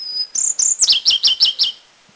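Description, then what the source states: Indian blue robin song: a thin high whistle, two short high notes, then five quick sharp notes, each dropping steeply in pitch, delivered in a rapid even series. Recorded at Dirang, India.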